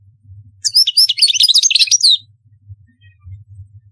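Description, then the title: European goldfinch uttering one brief burst of quick high twitters lasting about a second and a half, surrounded by quiet low hum. "Chant Chardonneret"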